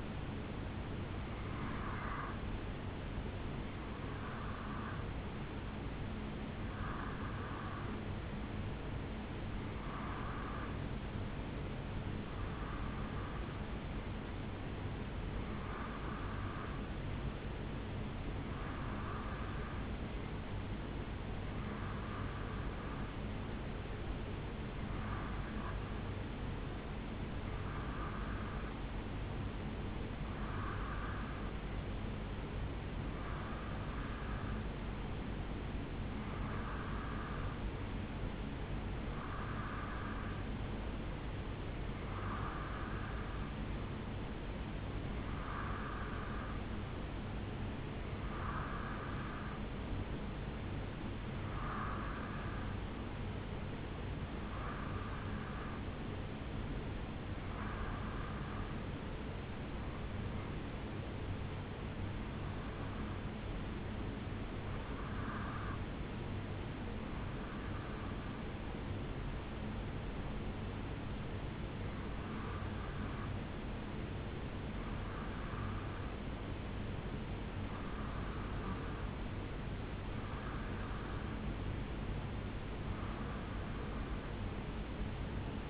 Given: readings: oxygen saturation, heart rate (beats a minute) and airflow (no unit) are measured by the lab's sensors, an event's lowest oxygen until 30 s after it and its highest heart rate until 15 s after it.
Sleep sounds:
breathing in sleep by a voice recorder at the bedside; none
none scored
From the record:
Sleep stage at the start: REM sleep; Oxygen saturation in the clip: 87 to 89%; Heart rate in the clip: 69 to 74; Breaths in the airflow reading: 29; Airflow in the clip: -2.4 to 1.8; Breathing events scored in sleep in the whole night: 449 in 7.0 hours asleep

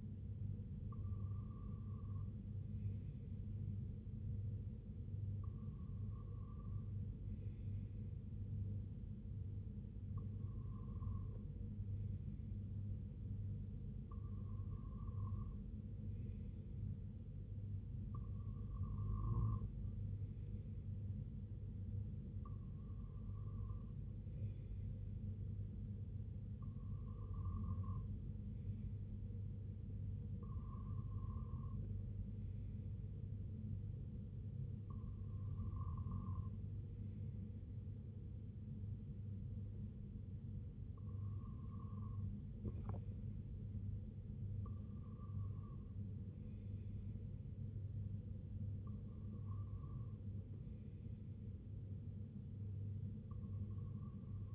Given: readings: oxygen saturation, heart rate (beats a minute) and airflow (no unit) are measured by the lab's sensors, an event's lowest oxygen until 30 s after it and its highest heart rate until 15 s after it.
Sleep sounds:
breathing in sleep by a smartphone at the bedside; none
none scored
From the record:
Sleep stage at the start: REM sleep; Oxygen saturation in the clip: 95 to 96%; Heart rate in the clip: 66 to 71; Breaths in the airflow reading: 12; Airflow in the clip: -6.0 to 3.1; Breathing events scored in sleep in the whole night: 258 in 7.4 hours asleep

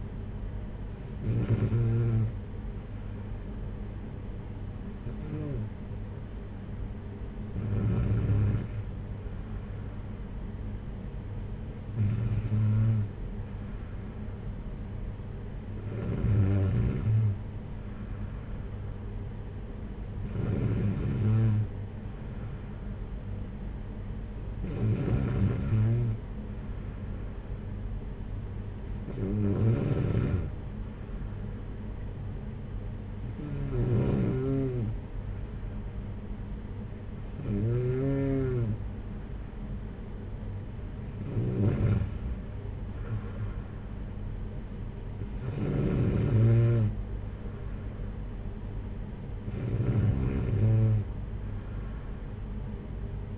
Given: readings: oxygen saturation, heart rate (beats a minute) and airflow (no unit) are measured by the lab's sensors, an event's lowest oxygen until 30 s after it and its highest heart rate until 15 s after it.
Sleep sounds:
breathing in sleep by a smartphone at the bedside; none
none scored
From the record:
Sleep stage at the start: N2 (light sleep); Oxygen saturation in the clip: 93 to 94%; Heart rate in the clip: 51 to 60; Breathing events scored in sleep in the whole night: 226 in 8.8 hours asleep

